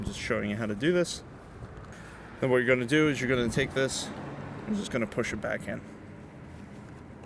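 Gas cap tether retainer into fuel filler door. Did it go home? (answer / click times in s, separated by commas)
no / none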